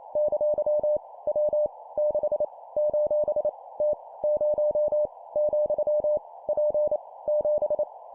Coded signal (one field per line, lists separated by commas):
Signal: Morse code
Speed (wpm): 28 wpm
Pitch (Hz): 600 Hz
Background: none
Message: ! W 6 : T 0 , P 7